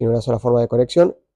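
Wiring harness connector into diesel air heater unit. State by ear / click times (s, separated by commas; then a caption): not seated / none. A keyed electrical wiring harness connector with a tab, so it fits only one way, is being handled for pushing into the socket of a diesel air heater unit. Only someone talking is heard. Nothing has seated or clicked yet.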